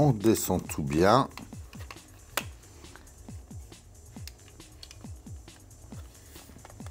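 While assembling an Altaya R2-D2 model kit, a plastic part is pushed down into its housing while someone talks over background music, followed by light handling taps, the sharpest near 2.4 s. The clip ends before the part goes home, so nothing has clicked or seated into place yet.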